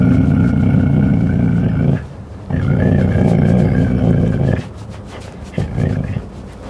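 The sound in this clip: Cougar producing coarse, throaty growling calls in two long bouts and a short final one, over a constant low background rumble.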